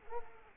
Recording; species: mosquito wingbeat signal from an infrared sensor; Culex quinquefasciatus